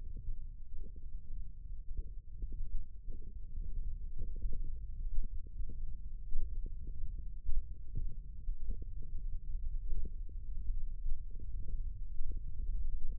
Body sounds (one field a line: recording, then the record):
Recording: forearm muscle sounds (acoustic myography)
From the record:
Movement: index flexion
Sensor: system 1, eight BSWA MPA416 microphones around the upper forearm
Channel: 6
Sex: female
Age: 21 years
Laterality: right